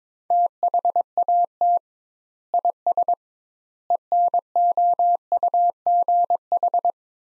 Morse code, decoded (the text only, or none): THAT IS ENOUGH